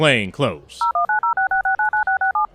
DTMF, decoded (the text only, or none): 01906967